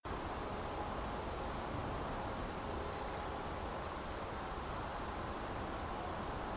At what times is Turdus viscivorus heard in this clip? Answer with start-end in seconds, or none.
2.72-3.27